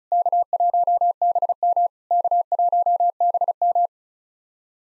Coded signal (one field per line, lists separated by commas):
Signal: Morse code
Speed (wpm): 36 wpm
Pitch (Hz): 700 Hz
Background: none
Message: K1BM K1BM